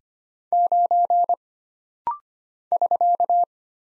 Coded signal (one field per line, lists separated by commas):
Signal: Morse code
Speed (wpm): 25 wpm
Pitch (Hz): 700 Hz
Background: none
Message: 9 <SK>